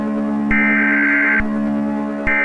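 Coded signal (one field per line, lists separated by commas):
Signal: Emergency Alert System (SAME) tones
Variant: header bursts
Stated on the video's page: Fictional EAS scenario about a storm from a game.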